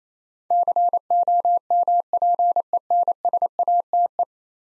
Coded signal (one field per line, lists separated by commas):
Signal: Morse code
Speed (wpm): 28 wpm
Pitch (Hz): 700 Hz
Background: none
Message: COMPENSATE